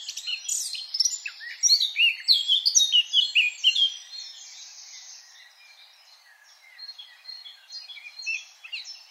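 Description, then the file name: Eurasian blackcap song: a loud, rambling warble of quick varied notes for about four seconds, then fading to faint chatter with a brief burst near the end. "Sylvia atricapilla"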